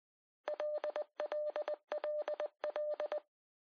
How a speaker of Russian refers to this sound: Телеграфист с передаточной загадал барышне с промежуточной какое-то слово, начинающееся на букву «Л». И такой насмешник стучит и стучит все одни и те же знаки.